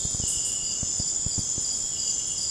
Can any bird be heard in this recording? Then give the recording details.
no. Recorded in dense forest near Puerto Asís, Putumayo, Colombia, on 26 December 2024 at 00:30. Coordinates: 0.481, -76.323. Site G100